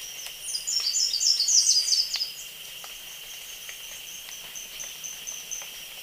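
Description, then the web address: Slate-throated whitestart song, a burst of rapid, high twittering notes lasting under two seconds, over a constant buzzing insect drone. Recorded in Ecuador. "Natures Songs S America Birds of Ecuador Slate-throated Whitestart"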